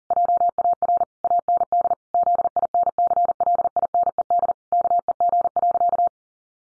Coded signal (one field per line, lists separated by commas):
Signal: Morse code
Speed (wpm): 40 wpm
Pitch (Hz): 700 Hz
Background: none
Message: JAR AND ZINCLINED KEG.